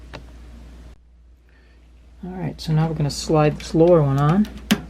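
A replacement microwave door switch is handled against its plastic mounting bracket in the door latch while someone talks. A sharp tap is heard near 0.2 s, then a quiet stretch before the talking begins. Nothing has seated or clicked yet; the switch is not yet locked into the bracket.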